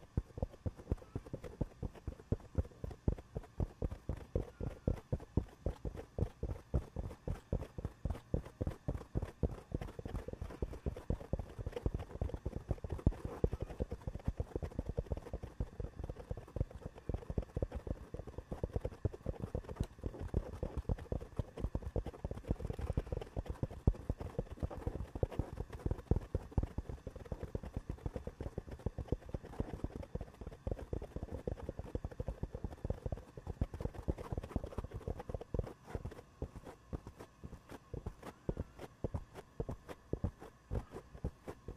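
A head and back scratcher rubs and taps against a microphone in a fast, dense stream of scratchy clicks. The strokes carry a dull, knocking low end and keep an even pace for the whole stretch, thinning briefly around thirty-five seconds before picking up again.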